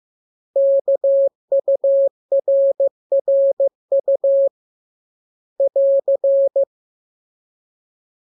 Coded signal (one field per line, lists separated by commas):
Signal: Morse code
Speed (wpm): 15 wpm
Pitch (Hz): 550 Hz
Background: none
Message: KURRU <AR>